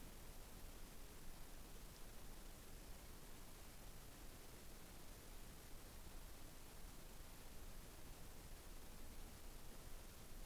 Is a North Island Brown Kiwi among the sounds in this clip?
no